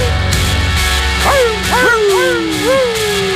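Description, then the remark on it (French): Dogs whimper and yip in a run of high, wavering cries that rise and fall, several overlapping across a couple of seconds over a steady, pulsing background. “C'est les chiens qui pleurent le départ pour la fin de semaine.”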